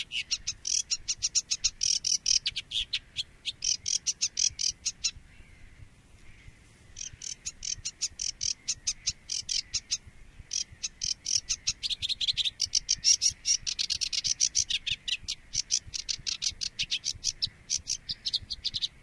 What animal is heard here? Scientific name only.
Acrocephalus schoenobaenus